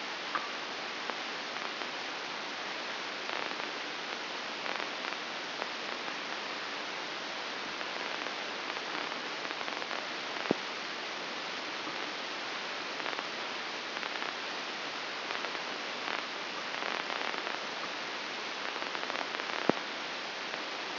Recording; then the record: brain microelectrode recording played as sound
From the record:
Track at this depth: outside the subthalamic nucleus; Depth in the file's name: 7.26 mm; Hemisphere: left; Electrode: 2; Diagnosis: Parkinson's disease